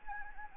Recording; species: mosquito wingbeat signal from an infrared sensor; Anopheles gambiae